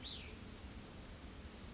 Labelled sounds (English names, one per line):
Cassin's Vireo